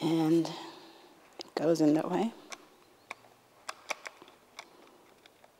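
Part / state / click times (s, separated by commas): battery pack into video camera / seated / 3.9 s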